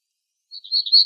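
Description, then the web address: Black-throated gray warbler song, a short series of wheezy high buzzes alternating in pitch and strengthening toward the end, with a faint click at the close. Recorded in Arizona, 17 April 2004. "Dendroica BTYW 041704. deviche"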